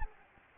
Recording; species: mosquito wingbeat signal from an infrared sensor; Anopheles gambiae